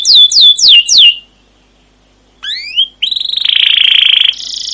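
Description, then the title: Canary song: four loud downslurred whistles, a silent gap, then a rising whistle and a bright, buzzy, rapid trill. Canary song used as a lure (pancingan) to train other canaries; described as gacor, long, with cuit cuit notes and ngerol rolling phrases. "CUIT CUIT NGEROL LANGSUNG GACOR PANJANG Kenari Ini AMPUH Utk Pancingan KENAR Masteran Suara Burung Kenari Gacor Panjang cuit cuit Ngerol untuk Pancingan Kenari!"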